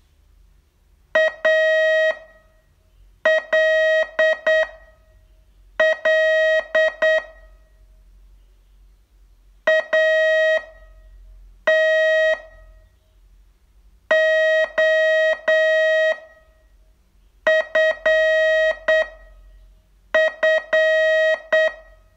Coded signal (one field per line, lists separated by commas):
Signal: Morse code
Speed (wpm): 7 wpm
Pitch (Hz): 630 Hz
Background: none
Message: ALL ATOFF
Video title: Learn Morse in 42 Days from VU2LAU - day 26 test